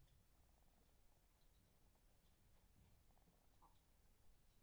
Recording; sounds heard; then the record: poultry house recording; sick chickens (respiratory disease)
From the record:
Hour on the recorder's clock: 22